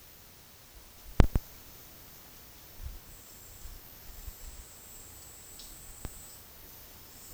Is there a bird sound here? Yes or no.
no